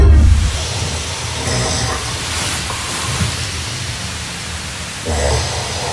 Some guys snore sounds like an echolocator or sonar from a submarine. Full echo.